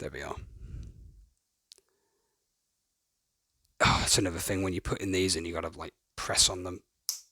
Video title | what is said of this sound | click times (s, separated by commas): Chill Lego Stream: Star Wars T-16 Skyhopper VS Bantha Microfighters Set | a lot and then you hear the click let's | 7.1 s